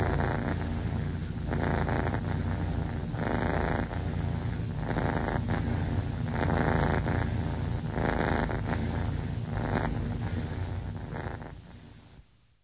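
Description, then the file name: Cat purring, a low continuous rumble that swells and fades in repeated cycles, trailing off at the end. "gatti cats"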